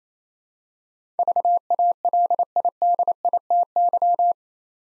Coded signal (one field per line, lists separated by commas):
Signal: Morse code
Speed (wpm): 27 wpm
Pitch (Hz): 700 Hz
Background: none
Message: VALIDITY